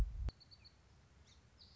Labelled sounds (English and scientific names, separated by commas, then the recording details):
Song Sparrow (Melospiza melodia)
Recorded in Sonoma County, California